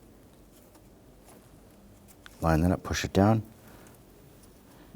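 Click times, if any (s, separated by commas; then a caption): none. A plastic electrical connector is handled and lined up over the top of the power steering pump on a 2011-2015 Kia Sorento 2.4L L4 during an alternator replacement, with faint handling noises and a brief tap near 2.3 s. Someone talks while it is positioned before being pushed home. Nothing has seated or clicked yet.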